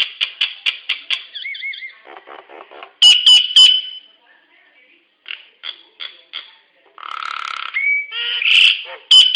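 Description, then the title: Nias hill myna calls: quick clicking chatter, a wavering whistle, soft pulsed notes, loud ringing whistles, then scattered notes and harsh squawks. "Burung jalak nias"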